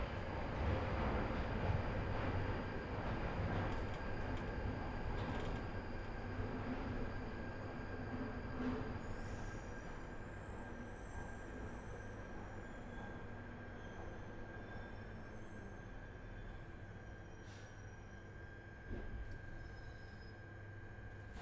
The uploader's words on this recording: I recorded the sound of an empty Underground train and it made me feel a bit weird and spooky. I made sure I travelled late, about 10pm. My carriage was entirely empty for the entire journey from East Finchley to Bank. I decided to bring along a handheld recording device and sit there recording the noise.